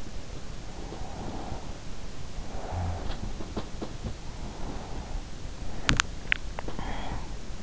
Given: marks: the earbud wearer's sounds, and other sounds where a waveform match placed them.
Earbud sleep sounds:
sounds in sleep by an in-ear microphone; breath, teeth grinding
0.72-3.12 s: breath
5.57-6.66 s: teeth grinding
6.71-7.63 s: breath

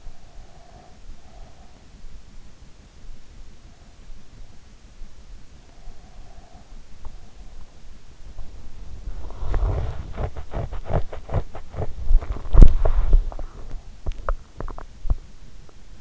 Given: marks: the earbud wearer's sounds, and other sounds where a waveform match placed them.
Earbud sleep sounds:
sounds in sleep by an in-ear microphone; breath, teeth grinding, body movement
0.00-1.97 s: breath
5.47-7.02 s: breath
8.50-13.51 s: teeth grinding
11.70-16.01 s: body movement

